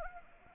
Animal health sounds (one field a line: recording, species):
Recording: mosquito wingbeat signal from an infrared sensor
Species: Anopheles arabiensis